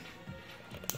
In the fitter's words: Voilà, là ça se clipse dessus et comme vous pouvez voir, une fois que c'est clipsé, en fait on va avoir